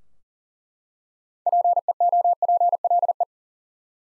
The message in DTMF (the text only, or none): none